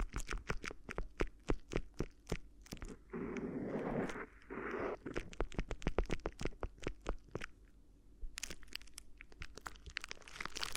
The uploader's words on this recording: ASMR Addictive Crinkly Ear Massage (No Talking).